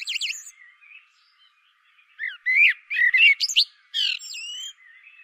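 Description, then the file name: Common blackbird singing: a high twitter, a pause, then a run of fluty warbled notes with squeaky high flourishes and a drawn-out closing note. "Turdus merula"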